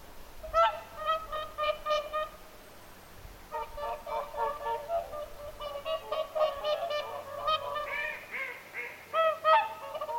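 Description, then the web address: Whooper swans trumpeting in a group: bursts of harmonic, horn-like honks, a lull from about two and a half to three and a half seconds, then dense overlapping calls to the end. Whooper swans calling at Lintulahti, 6 November 2025. "paivat 6 11 2025 laulujoutsenten aantelya lintulahdella"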